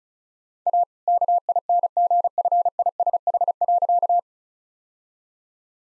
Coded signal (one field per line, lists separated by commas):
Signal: Morse code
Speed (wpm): 34 wpm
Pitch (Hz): 700 Hz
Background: none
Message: A KINGFISH.